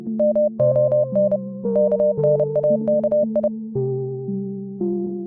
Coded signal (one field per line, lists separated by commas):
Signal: Morse code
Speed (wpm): 30 wpm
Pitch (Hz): 600 Hz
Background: music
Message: MONKNAKI